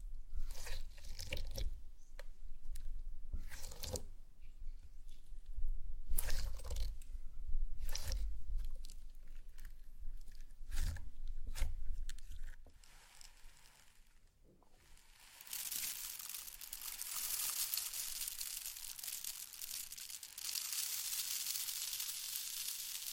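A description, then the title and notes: Slime being squished and crunched in repeated bursts for about fifteen seconds, a brief lull, then a steady bright crackling hiss to the end. ASMR SLIME! 5 Satisfying Slimes.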